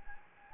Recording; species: mosquito wingbeat signal from an infrared sensor; Anopheles gambiae